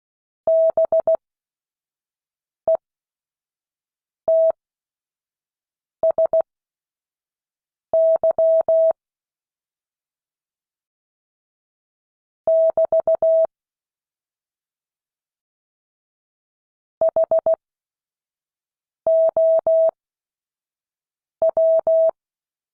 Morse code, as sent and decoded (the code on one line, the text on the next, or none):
-... . - ... -.-- / -...- / .... --- .--
BETSY <BT> HOW